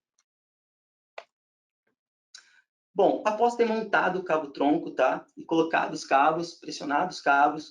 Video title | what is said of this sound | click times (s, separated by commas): Webinar Recap: Monitoramento Inteligente e Diagnóstico (Brazil) | Observe que ela também faz o clique tá posteriormente você remove e coloca o microinversor | 1.2 s